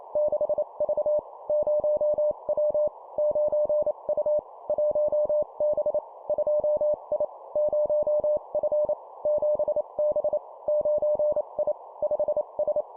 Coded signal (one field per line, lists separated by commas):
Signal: Morse code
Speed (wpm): 28 wpm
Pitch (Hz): 600 Hz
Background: none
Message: 6V 0W 9U 1B 2I 0F 7B 9I 5S